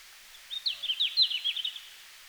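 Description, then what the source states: Red-flanked bluetail gives a single quick phrase of high, choppy notes, lasting just over a second. Finland, 17 June 2019, 17:00.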